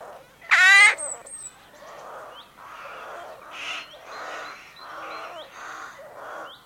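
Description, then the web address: Rook call: a single loud, rasping caw near the start, then a low babble of softer croaking calls from many birds. Rookery colony with nests holding nestlings. "Sound Effects-BBC Rooks"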